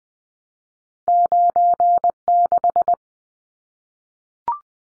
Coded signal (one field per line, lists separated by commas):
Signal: Morse code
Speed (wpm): 20 wpm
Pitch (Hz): 700 Hz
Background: none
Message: 96